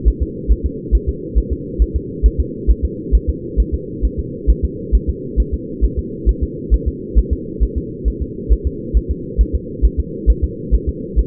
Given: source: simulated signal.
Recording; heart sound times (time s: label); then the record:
fetal heart sounds
0.08 s: S1
0.23 s: S2
0.51 s: S1
0.66 s: S2
0.95 s: S1
1.09 s: S2
1.38 s: S1
1.53 s: S2
1.82 s: S1
1.96 s: S2
2.26 s: S1
2.40 s: S2
2.70 s: S1
2.85 s: S2
3.15 s: S1
3.29 s: S2
3.60 s: S1
3.74 s: S2
4.05 s: S1
4.19 s: S2
4.50 s: S1
4.64 s: S2
4.95 s: S1
5.09 s: S2
5.40 s: S1
5.54 s: S2
5.85 s: S1
5.99 s: S2
6.29 s: S1
6.43 s: S2
6.74 s: S1
6.88 s: S2
7.19 s: S1
7.33 s: S2
7.63 s: S1
7.78 s: S2
8.08 s: S1
8.22 s: S2
8.53 s: S1
8.67 s: S2
8.97 s: S1
9.11 s: S2
9.41 s: S1
9.55 s: S2
9.85 s: S1
10.00 s: S2
10.30 s: S1
10.44 s: S2
10.74 s: S1
10.89 s: S2
11.19 s: S1
From the record:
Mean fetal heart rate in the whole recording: 135 bpm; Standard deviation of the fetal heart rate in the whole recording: 3 bpm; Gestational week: 34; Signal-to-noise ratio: -4.1 dB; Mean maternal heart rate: no maternal heart sound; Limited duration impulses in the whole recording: absent